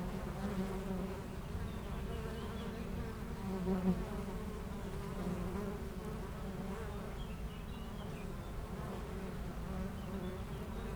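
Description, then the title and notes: Honey bee buzzing, a low even swarm-like hum holding throughout, with faint bird notes now and then. Honey bees foraging between two hives of a garden apiary in Aix-les-Bains, France, flying back and forth to flowers; a few birds in the neighbouring wood. "41 Chem. de Memard, 73100 Aix-les-Bains, France - Les abeilles. Entre deux ruches du rucher du jardin vagabond à Aix-les-bains les abeilles sont en pleine collecte et font d'incessants aller retour vers les fleurs, quelques oiseaux dans le bois voisin"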